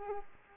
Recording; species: mosquito wingbeat signal from an infrared sensor; Culex quinquefasciatus